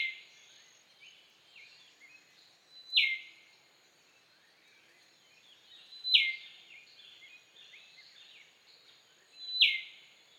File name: Rufous Whistler Pachycephala rufiventris